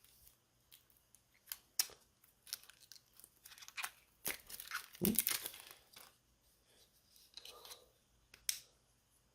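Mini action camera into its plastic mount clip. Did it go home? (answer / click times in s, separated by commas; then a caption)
yes / 8.5 s. A small 4K thumb action camera, a wearable body and helmet camera, is pushed into its plastic mount clip during unpacking. Crinkly tearing and rustling of wrapping come first, and someone talks briefly. At 8.5 s the camera snaps home with a sharp click, and the mount latches so it has to be loosened at the top to take the camera out.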